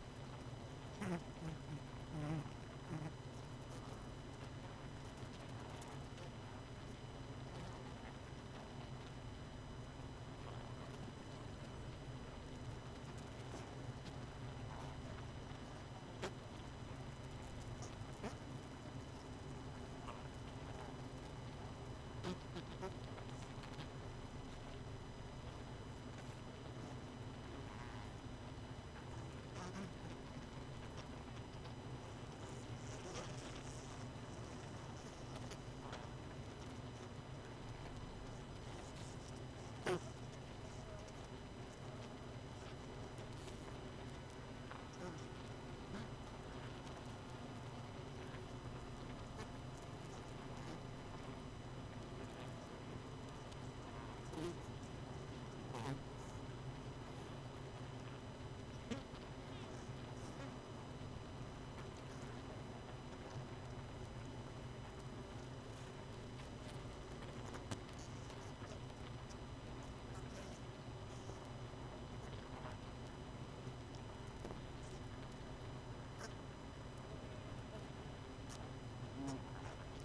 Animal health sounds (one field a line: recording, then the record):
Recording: honeybee colony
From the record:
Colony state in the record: missing queen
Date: 31 May 2018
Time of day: 22:17